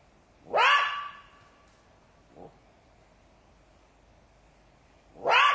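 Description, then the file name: Jackal calling: one long rising yelp drawn into a whining note, a faint brief sound, then another loud yelp cut off at the end. "zvuki shakala"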